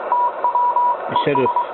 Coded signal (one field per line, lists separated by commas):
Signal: Morse code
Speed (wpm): 23 wpm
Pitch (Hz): 970 Hz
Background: speech, radio noise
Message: TW ES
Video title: Morse Code Decoding